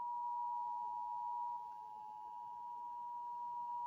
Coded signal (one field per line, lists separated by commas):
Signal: Emergency Alert System (SAME) tones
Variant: 853 and 960 Hz attention tone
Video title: EAS Alerts from July 30 - 31 2024 SWO KHB59 Beaver CH12